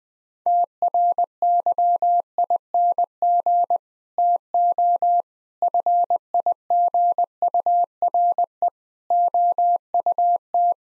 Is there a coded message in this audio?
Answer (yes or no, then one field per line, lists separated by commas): yes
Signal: Morse code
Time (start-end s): 0.5-10.7 s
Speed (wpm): 21 wpm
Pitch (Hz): 700 Hz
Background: none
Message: TRYING TO FIGURE OUT